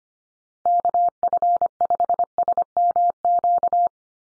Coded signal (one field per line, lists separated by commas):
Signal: Morse code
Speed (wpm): 25 wpm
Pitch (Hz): 700 Hz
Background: none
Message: KF5SMQ